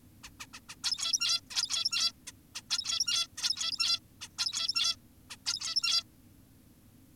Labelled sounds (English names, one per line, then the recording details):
Zebra Finch
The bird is an adult
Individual g17y2U